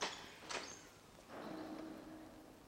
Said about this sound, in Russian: Бабушка открывает дверь.